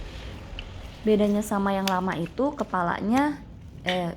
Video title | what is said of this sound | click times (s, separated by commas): ALAT SIKAT KAMAR MANDI , TOILET ANTI ENCOK-- Goodpapa M3 Xiaomi Youpin | untuk kepala brushnya juga gampang banget Tinggal dimasukin sampai ada bunyi klip bedanya | 0.6 s